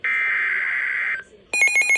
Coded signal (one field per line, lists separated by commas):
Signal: Emergency Alert System (SAME) tones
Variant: header bursts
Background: speech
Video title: Severe T’Storm Warning (EAS #658) 3/30/25